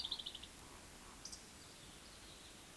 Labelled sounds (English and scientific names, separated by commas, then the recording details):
Eurasian Woodcock (Scolopax rusticola) whistle, Eurasian Woodcock (Scolopax rusticola) croak
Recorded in Baden-Württemberg, Germany, on 31 May 2021 at 19:40 UTC
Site 20675, 466 m above sea level